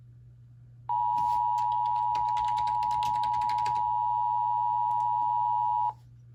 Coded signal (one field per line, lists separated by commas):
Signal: Emergency Alert System (SAME) tones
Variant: 853 and 960 Hz attention tone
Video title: EAS 763: LUB SVR